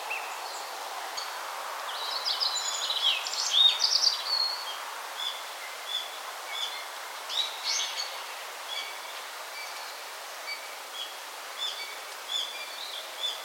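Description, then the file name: Yellow bunting song: short high chirps and thin buzzy notes, a louder burst early on, then sparse repeated notes over steady background hiss. "Emberiza sulphurata"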